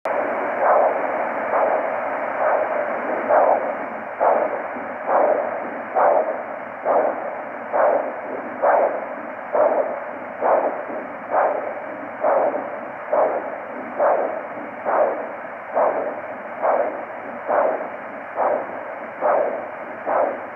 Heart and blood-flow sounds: Doppler ultrasound of blood flow; carotid artery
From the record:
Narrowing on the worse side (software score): occlusion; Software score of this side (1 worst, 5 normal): 1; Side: right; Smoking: never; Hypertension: yes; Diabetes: type 1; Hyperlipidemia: yes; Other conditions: hypertension, arterial regurgitation, cardiomyopathy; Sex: female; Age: 55 years

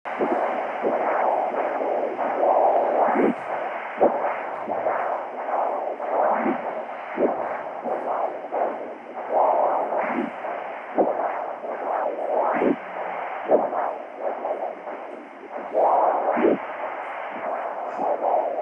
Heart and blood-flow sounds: Doppler ultrasound of blood flow; carotid artery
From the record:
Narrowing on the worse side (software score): occlusion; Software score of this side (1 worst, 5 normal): 3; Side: left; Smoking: never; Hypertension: yes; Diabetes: type 2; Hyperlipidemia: yes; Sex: male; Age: 50 years

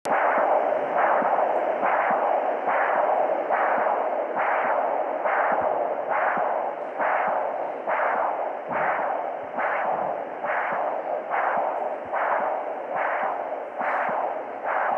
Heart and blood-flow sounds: Doppler ultrasound of blood flow; carotid artery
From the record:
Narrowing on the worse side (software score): occlusion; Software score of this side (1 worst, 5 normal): 1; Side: left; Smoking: current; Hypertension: yes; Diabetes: type 1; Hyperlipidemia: yes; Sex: male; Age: 65 years

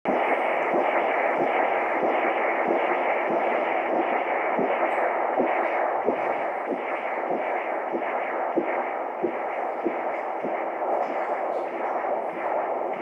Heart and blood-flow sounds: Doppler ultrasound of blood flow; carotid artery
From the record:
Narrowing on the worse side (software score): occlusion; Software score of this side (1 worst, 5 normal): 1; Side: left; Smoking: never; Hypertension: yes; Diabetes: type 1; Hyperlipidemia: yes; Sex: female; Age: 19 years

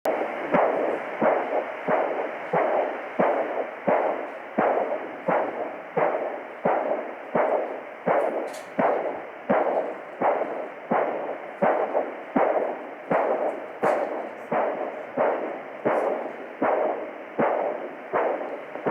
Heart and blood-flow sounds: Doppler ultrasound of blood flow; carotid artery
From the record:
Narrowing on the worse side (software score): severe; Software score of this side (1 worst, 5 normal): 3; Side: right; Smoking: former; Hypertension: no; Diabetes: type 1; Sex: male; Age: 38 years

